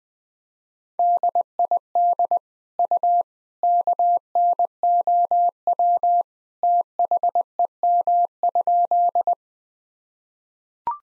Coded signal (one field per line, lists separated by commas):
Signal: Morse code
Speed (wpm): 21 wpm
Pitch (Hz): 700 Hz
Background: none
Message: DID U KNOW THEM?